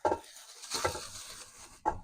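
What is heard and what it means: A whisk attachment or mixing bowl is handled as it is fitted onto a stand mixer, with short metallic clatters and knocks near the start, around 0.8 seconds, and again at 1.9 seconds. The part is handled but not yet home; nothing has seated or clicked into place yet.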